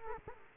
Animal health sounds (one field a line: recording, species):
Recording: mosquito wingbeat signal from an infrared sensor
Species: Culex quinquefasciatus